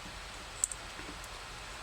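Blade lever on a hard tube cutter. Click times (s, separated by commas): 0.6 s, 0.7 s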